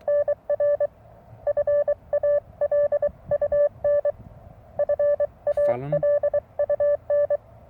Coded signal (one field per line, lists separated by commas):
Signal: Morse code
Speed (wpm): 23 wpm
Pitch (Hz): 580 Hz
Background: none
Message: NR FALUN FALUN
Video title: A Simple Short Vertical HF Antenna.